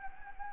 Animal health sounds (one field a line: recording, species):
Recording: mosquito wingbeat signal from an infrared sensor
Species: Anopheles gambiae